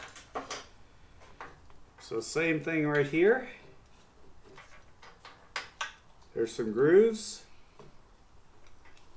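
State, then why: Not seated. Someone talks while handling the second plug-and-play plastic wiring harness connector, lining it up on its grooves against the mating plug on a motorcycle lighting harness. Short, sharp handling taps sound at about 0.5, 1.4, 5.6 and 5.8 seconds. Nothing has clicked or seated yet, and the clip ends just before the connector goes home.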